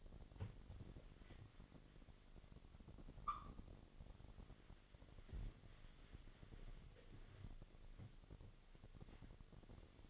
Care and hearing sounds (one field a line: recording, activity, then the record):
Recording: daily activity, microphone in the room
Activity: wipe stove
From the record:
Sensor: 4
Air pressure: 1007.8 hPa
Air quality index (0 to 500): 199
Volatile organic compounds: 7 ppm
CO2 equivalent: 1986 ppm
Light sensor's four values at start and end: 23/72/27/26 and 22/70/26/26